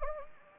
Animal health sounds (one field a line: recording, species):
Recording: mosquito wingbeat signal from an infrared sensor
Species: Anopheles gambiae